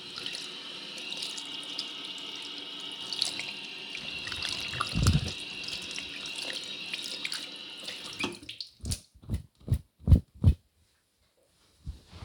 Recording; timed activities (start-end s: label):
household activities, microphone on the right wrist
0.00-10.09 s: washing hands